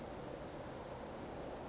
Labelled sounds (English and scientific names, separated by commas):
Western Flycatcher (Empidonax difficilis)